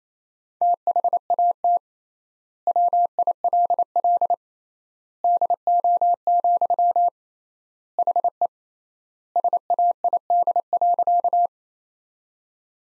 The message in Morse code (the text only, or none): THAT WILL DO, HE SAID.